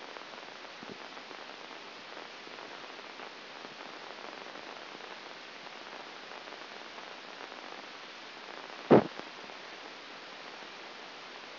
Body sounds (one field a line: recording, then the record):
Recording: brain microelectrode recording played as sound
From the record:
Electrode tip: outside the subthalamic nucleus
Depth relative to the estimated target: -5 mm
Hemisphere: left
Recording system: AlphaMap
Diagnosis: Parkinson's disease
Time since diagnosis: 9 years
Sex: male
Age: 68 years